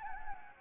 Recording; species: mosquito wingbeat signal from an infrared sensor; Anopheles gambiae